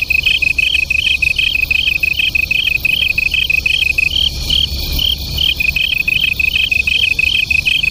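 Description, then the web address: Japanese tree cricket duet, two high chirping trains interleaving evenly; one caller briefly drops out midway before both resume. Local name kantan; two crickets singing as a duet. "sikioto insect kantanduet"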